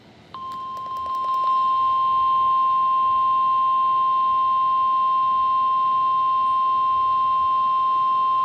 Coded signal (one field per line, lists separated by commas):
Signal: Emergency Alert System (SAME) tones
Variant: 1050 Hz attention tone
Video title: Alerts of the Week: S2 Ep 6: Week of 7/12/26 PART 2 (New EAS 1,110-1,124)